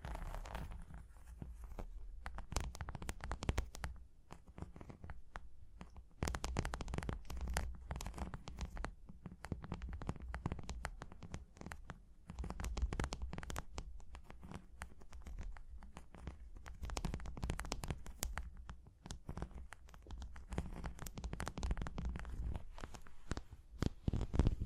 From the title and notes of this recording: Tapping and Scratching (No Talking).